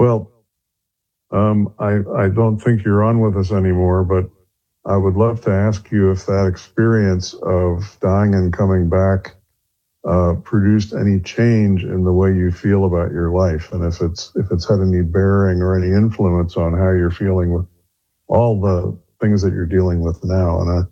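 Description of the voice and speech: A single adult man speaks fluently in a low, steady voice, asking a long, carefully phrased question with a few natural pauses and brief hesitations. Voice quality is clear and even, with no sign of disordered speech.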